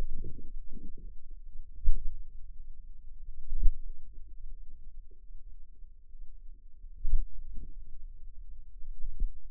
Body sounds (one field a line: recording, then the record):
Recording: forearm muscle sounds (acoustic myography)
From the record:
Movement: pen grasping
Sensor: system 2, bracelet of six BSWA MPA416 microphones around the upper forearm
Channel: 1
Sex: female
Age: 22 years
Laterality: right